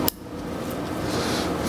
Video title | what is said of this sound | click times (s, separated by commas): DIY KX250 Engine Rebuild PART 3 - Top End and Power Valve Rebuild | okay you hear it snap in and then again you just want to rotate the opening of the pin | 0.1 s